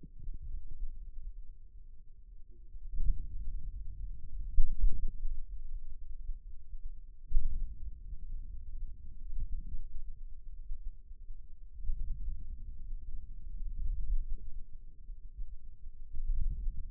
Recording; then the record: forearm muscle sounds (acoustic myography)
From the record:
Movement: hand opening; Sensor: system 2, bracelet of six BSWA MPA416 microphones around the upper forearm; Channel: 4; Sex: male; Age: 22 years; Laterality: right